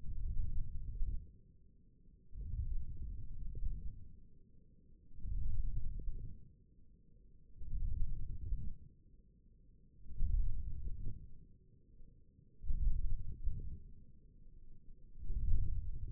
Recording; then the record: forearm muscle sounds (acoustic myography)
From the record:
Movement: wrist flexion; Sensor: system 1, eight BSWA MPA416 microphones around the upper forearm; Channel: 1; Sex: male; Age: 20 years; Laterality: left